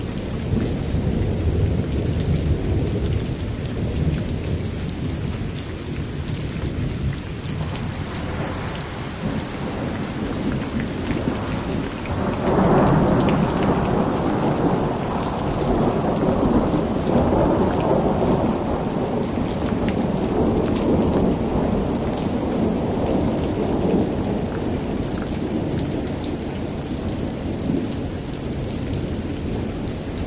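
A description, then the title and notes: Steady, dense rain pelts down on a cabin porch, a constant hiss with patter on the surface. Low thunder rumbles underneath throughout, swelling into a heavier roll around twelve seconds that lingers before easing back toward the end. Epic Thunder & Rain. Up here in the mountains, this thunderstorm just got real. The thunder rumbles across the jagged landscape. Rain pelts down on the cabin porch in an even rhythm.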